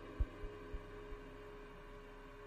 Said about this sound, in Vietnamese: Cô Lan bấy giờ tim đập bành bạch, như muốn tắt thở mà chết.